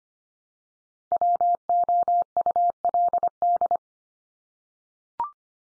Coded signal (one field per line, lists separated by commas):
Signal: Morse code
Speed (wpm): 25 wpm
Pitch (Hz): 700 Hz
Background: none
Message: WOULD